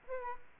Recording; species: mosquito wingbeat signal from an infrared sensor; Aedes aegypti